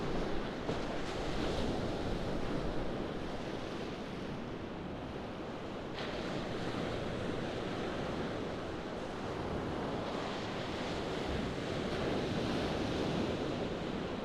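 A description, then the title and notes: Waves break and splash in a dense, unbroken wash of surf that stays loud throughout. The roar swells brighter near the start and again around ten to thirteen seconds, with a low rumble of wind buffeting underneath. Rock seat on Rye Harbour beach. Splashing and breaking waves whose sound is as bright as the light of the midday sun. From your smooth rock seat, you can hear the tide's not far now, from the turn. We made this recording a few days ago on a warm October day at Rye Harbour beach in East Sussex. The sun was crisp and strong, as was the onshore breeze.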